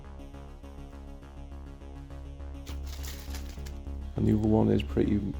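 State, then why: Not seated. A damaged detachable Joy-Con controller is slid onto the side rail of a Nintendo Switch OLED handheld console, with music playing throughout and a few faint scraping and tapping sounds. Someone talks toward the end. The rail latch does not catch, so nothing has seated or clicked yet and the controller does not lock in place.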